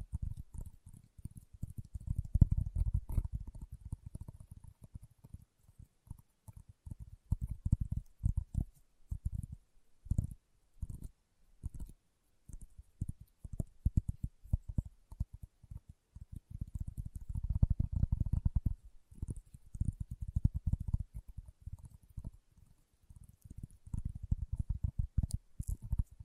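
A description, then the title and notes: Dull tapping and scratching on leather in quick, irregular clusters, with a few brief pauses between runs. The hits are low and muffled, with only a faint thin hiss above them, and the busiest stretches come early and again toward the end. ASMR Leather Tapping & Scratching Sounds (No Talking).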